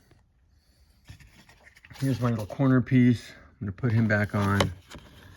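A small plastic corner trim piece is handled and lined up to go back onto a Ford Explorer car door during a door keypad replacement. Someone talks while faint scraping and light handling taps are heard, and nothing has seated or clicked yet.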